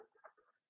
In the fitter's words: like so okay nice click and i can connect my ps2 keyboard